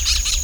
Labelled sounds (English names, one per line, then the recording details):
Brown-throated Parakeet contact call
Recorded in Venezuela
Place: Tumeremo, Edo. Bolívar
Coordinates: 7.209, -61.364